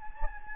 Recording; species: mosquito wingbeat signal from an infrared sensor; Anopheles gambiae